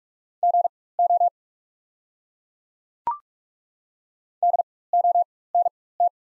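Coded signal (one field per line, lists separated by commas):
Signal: Morse code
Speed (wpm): 42 wpm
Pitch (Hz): 700 Hz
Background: none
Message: GO DONT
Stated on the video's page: Morse practice set of the top 500 words at 45 wpm with 4x character spacing, Farnsworth-style timing for moving from individual characters to whole words.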